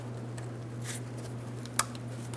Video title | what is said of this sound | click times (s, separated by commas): How to Replace Fuel Pump Module Assembly 2008-2016 Chrysler Town & Country 3.8L V6 | There's our click. | 1.8 s